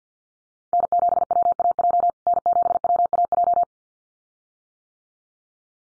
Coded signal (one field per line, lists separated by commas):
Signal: Morse code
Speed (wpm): 49 wpm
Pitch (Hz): 700 Hz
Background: none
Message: N7WAJ N7WAJ